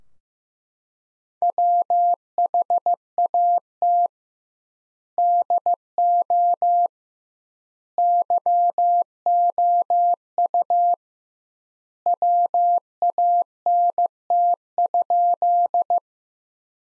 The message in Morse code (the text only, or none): WHAT DO YOU WANT?